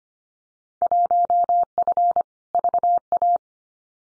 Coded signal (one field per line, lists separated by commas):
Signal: Morse code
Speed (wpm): 25 wpm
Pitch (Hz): 700 Hz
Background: none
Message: 1F VA